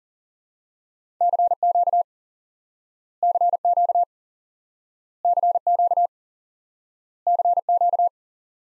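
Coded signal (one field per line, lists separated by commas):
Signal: Morse code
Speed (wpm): 37 wpm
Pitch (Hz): 700 Hz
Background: none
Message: CQ CQ CQ CQ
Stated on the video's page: Morse lesson teaching the common QSO element CQ by instant word recognition.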